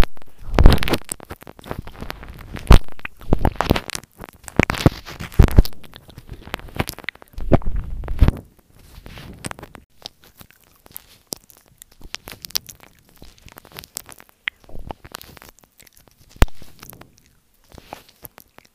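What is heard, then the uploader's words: Close, wet mouth sounds with chewing and crunching bursts, busiest in the first eight seconds, then sparser clicks and smacks. Mic nibbling mouth sounds, no talking. I’ll nibble on my apple mic.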